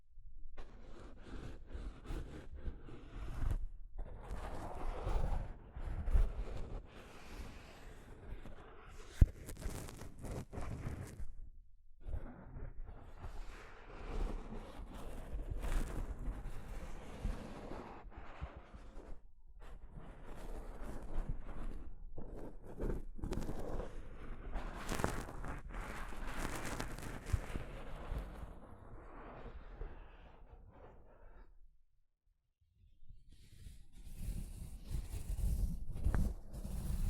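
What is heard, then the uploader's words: Soft fabric brushing over a microphone in long rustling sweeps, dense and scratchy, with brief pauses near 4, 11, 19 and 32 seconds. ASMR Mic Brushing using Soft Fabric (No Talking).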